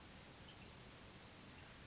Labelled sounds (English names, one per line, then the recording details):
California Towhee
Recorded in Sonoma County, California